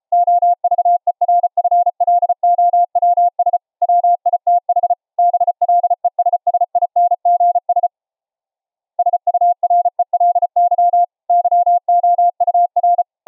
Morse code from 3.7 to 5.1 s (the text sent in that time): WITH